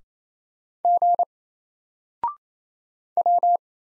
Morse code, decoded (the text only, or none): G W